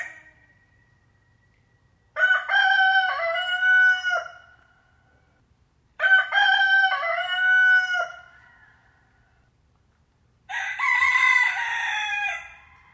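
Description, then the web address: Chicken: rooster crowing three times, each crow a loud, harsh, multi-part call about two seconds long, spaced roughly four seconds apart with quiet between. Rooster (adult male). "granja daniela private Rooster"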